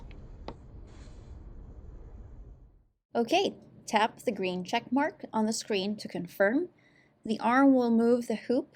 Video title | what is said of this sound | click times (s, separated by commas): 7 Series BERNINA Guide Class - Embroidery Module Part 2 of 2 | press the hoop down until it clicks in position and then release | 0.1 s, 0.5 s